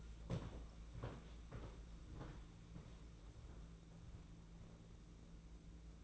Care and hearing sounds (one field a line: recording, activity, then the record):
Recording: daily activity, microphone in the room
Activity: walk to room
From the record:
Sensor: 1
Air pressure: 992.0 hPa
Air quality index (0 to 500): 216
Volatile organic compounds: 1000 ppm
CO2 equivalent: 8420 ppm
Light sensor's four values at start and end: 22/75/29/29 and 22/77/30/30